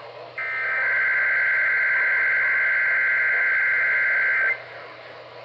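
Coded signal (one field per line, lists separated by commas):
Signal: Emergency Alert System (SAME) tones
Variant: header bursts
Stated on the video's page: Real severe weather alerts recorded from AM/FM broadcast stations and NOAA Weather Radio.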